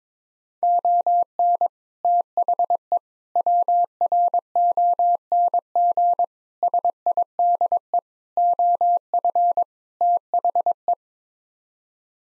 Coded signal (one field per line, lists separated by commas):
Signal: Morse code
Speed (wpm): 21 wpm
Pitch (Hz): 700 Hz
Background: none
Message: ON THE WRONG SIDE OF THE